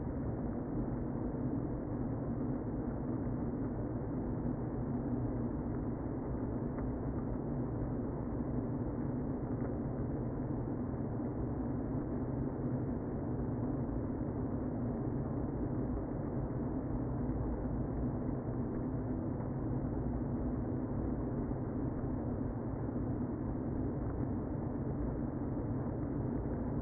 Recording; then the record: honeybee colony, microphone inside the hive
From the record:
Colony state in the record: queen present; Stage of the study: before two queens were removed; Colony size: about 60,000 bees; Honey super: yes